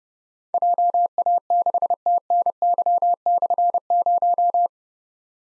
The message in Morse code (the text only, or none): JA6TNY/0